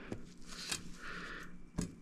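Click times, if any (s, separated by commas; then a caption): 0.7 s. A rubber boot is slid down a restored Datsun axle shaft, lowered so no air is trapped, and pressed on with soft rubbery scuffing until it snaps into its groove with a sharp click at 0.7 s. Another brief, sharp tap follows at 1.8 s, and the boot is seated in place.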